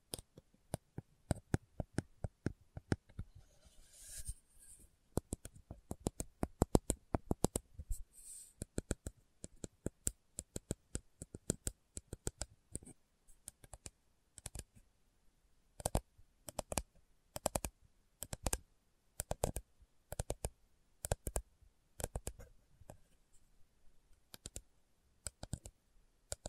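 Slow tapping made of sharp, dry clicks, struck in irregular bursts with brief pauses between clusters. The taps are quick and crisp, some louder than others, with a faint soft hiss underneath and a few scraping sounds near the start.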